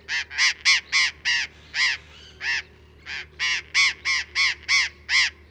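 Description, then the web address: Burrowing parrot uttering loud grating screeches in rapid succession, with a short pause midway before the harsh calls resume. "parrots cyanoliseus-patagonus"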